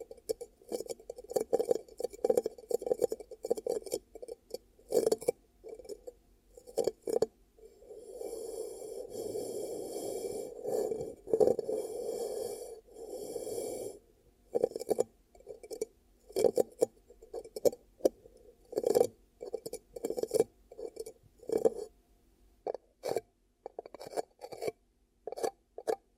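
Ear cupping triggers: soft, muffled rubbing and pressing sounds come in short, irregular bursts with a dull, low-middle tone and sharp clicky edges. From about 8 to 14 seconds the cupping becomes a steadier, continuous muffled rustle, then returns to choppy, separate presses.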